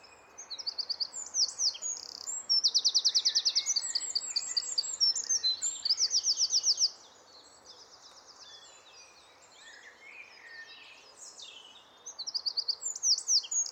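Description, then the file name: Eurasian wren delivering a loud burst of very high, rapid trilling song, a pause with faint twitters, then a second burst starting; steady background hiss throughout. "Troglodytes troglodytes"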